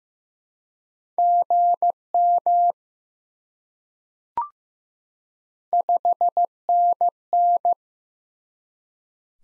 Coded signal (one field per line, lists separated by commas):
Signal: Morse code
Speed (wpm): 15 wpm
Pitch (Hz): 700 Hz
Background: none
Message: GM 5NN